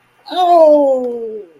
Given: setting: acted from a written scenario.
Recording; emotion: vocal sound without words; pain